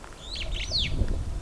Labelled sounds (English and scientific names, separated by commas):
Superb Starling (Lamprotornis superbus) flight call